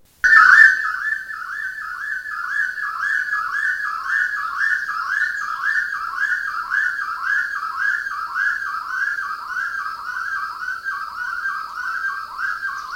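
Bird giving a steady series of short, downslurred whistled notes, evenly repeated throughout, with a faint higher tone above.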